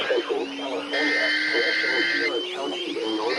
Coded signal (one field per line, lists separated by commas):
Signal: Emergency Alert System (SAME) tones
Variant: header bursts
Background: speech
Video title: Sick Day Vibes || EAS Alerts from 9/2/25 || (EAS #336-348)